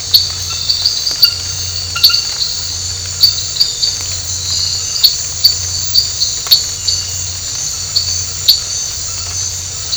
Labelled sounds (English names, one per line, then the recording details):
none
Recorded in dense forest near Puerto Asís, Putumayo, Colombia, on 19 March 2025 at 23:30
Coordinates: 0.468, -76.322
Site GP01